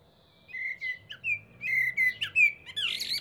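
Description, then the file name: Eurasian blackbird warbling a string of short, mellow whistled notes in an uneven rhythm, finishing with a scratchy high flourish. "Turdus merula"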